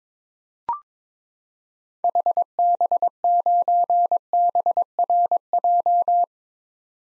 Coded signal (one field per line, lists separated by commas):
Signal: Morse code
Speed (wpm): 22 wpm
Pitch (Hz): 700 Hz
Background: none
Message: HB9BRJ